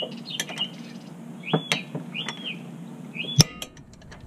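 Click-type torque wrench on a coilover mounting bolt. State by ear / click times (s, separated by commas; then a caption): torque reached / 3.4 s. A steel suspension bolt on a Tein Flex Z coilover install on a Toyota 86 is tightened with a click-type torque wrench. Light metallic clinks and short chirping tones sound over a low hum, then a sharp click at 3.4 s. The wrench clicks at its set torque, confirming the bolt is tightened.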